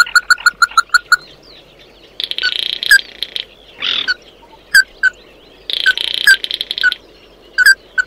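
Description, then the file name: Bird calls: a quick burst of ringing notes, then single sharp calls spaced out, with loud buzzy drones in between. "Tieng chim mat do"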